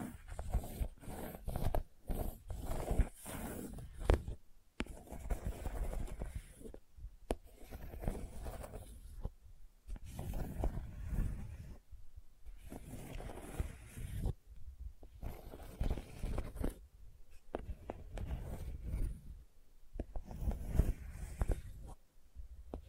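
Gentle scratching comes in bursts of rough, rustling strokes, each lasting a second or two and separated by short silences. The sound is mostly low and soft with a thin papery hiss above, and occasional small clicks stand out within the strokes.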